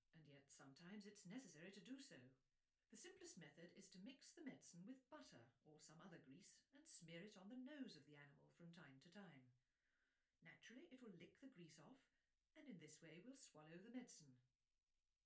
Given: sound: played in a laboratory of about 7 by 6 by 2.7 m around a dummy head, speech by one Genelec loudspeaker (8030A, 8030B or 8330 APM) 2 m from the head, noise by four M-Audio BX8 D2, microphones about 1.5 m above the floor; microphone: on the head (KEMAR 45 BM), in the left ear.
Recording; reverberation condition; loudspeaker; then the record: female speech in English; low; 150 degrees to the right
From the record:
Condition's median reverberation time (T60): about 310 ms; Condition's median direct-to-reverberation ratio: about 3.5 dB